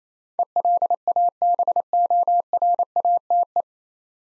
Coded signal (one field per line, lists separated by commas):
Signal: Morse code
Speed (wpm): 27 wpm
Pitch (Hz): 700 Hz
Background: none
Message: ELABORATE